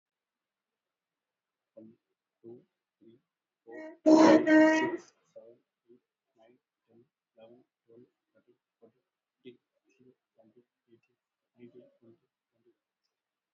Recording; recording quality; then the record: counting at a normal pace; moderate, slight background noise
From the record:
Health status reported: healthy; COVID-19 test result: not tested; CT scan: not taken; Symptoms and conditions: none ticked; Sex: male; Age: 39 years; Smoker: no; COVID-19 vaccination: one dose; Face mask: worn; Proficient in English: yes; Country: India